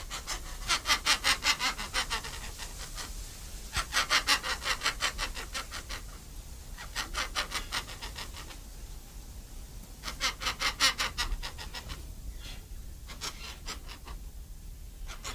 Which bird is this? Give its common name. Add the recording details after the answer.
White Cockatoo. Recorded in captivity. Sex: male. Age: adult. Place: Zoo Berlin, Berlin, DE. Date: 2007-08-28 18:15. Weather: sonnig, 18°C. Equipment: Sony WM-D6C, Sennheiser ME 80, Kopie Uher 4000 Report Monitor. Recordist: Tembrock, Günter